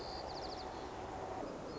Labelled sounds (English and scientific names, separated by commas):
White-crowned Sparrow (Zonotrichia leucophrys)